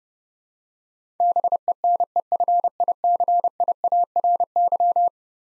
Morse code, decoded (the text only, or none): BENEFICIARY